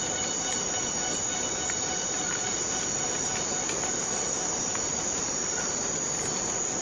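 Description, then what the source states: Cicada drone, a steady high-pitched electric buzz holding without a break, layered with other faint insect tones in a dense rainforest chorus. Borneo rainforest.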